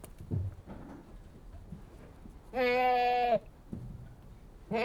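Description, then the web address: Goat bleats: soft shuffling and snuffling, then a long nasal bleat, with a second bleat starting at the very end. A single Anglo-Nubian goat, bleating. "BBC Sound Effects Library. One Anglo-Nubian Goat Bleating"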